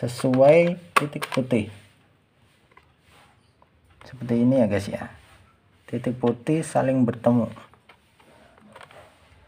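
A Yongnuo 50mm lens is placed onto the mount of a Nikon D3300 DSLR body with their white alignment dots lined up, ready to be turned to lock. Someone talks while faint handling taps and scrapes are heard between the speech. The lens has not been twisted and nothing has seated or clicked yet.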